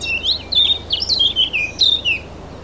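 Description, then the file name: Eurasian blackcap giving a quick run of several clear, fluty whistled phrases. "Sylvia atricapilla"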